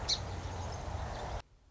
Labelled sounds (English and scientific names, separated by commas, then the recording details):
Song Sparrow (Melospiza melodia)
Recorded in Sonoma County, California